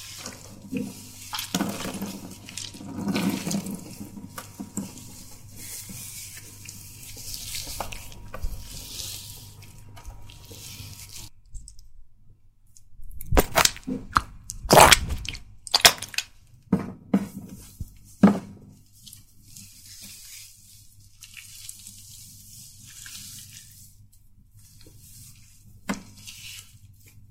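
A visit to a celebrity hairdresser: for about eleven seconds there is a steady watery rush with squishy rubbing, over a faint thin tone. Then it goes quieter, broken by a cluster of sharp knocks and clatters around 13–18 seconds and a few scattered clicks later.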